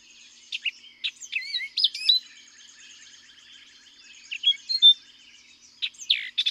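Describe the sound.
Orchard oriole: songbird giving scattered short whistles and slurred notes in loose groups, with pauses between them, over a faint background chorus of birds.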